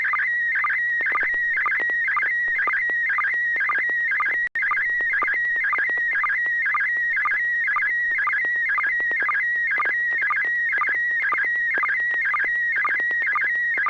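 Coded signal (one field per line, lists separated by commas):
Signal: SSTV (slow-scan television)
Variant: PD120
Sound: steady whistling tone warbling slightly, broken by rhythmic low chirps about twice per second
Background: low hum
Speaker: well this is going to be on uh pd120 and if i can get the thing to quit switching we'll give it a shot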